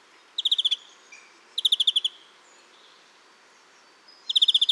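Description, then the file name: European greenfinch uttering three fast, high, stuttering trills separated by quiet gaps. "Chloris chloris"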